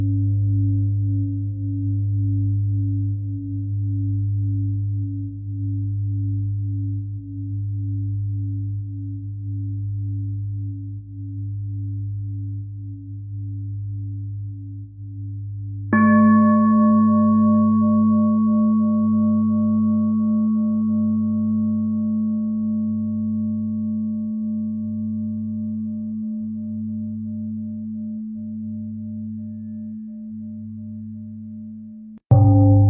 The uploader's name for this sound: Bells and Bowls